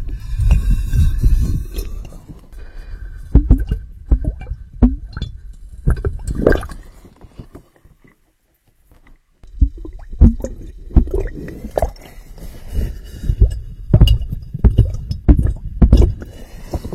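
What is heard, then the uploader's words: Underwater sound: a low, rumbling murk full of knocks, thumps and sharp clicks that come irregularly throughout. Near the middle the sound drops to near silence for about a second and a half around the eight-second mark, then the dull churning and clicking resume. 3D Under water.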